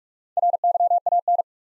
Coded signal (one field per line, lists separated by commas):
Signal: Morse code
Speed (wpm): 46 wpm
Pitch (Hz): 700 Hz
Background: none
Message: RYAN